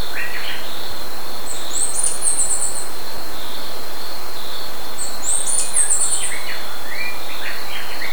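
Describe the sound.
Bird calls: two high, thin twittering phrases about four seconds apart, over a steady loud hiss and a constant high drone.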